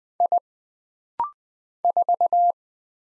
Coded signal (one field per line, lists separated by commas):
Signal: Morse code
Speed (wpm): 20 wpm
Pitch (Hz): 700 Hz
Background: none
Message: I 4